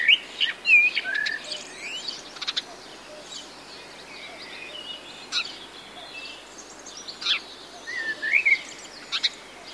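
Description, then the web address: Birds singing, quick chirps and rising whistled notes, loudest at the start and near the end, over a soft hiss. Birds singing in a grove during the warm season. "sonido del canto de los pajaros en un bosquecillo durante la estacion calida"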